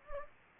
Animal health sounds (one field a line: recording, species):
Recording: mosquito wingbeat signal from an infrared sensor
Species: Anopheles gambiae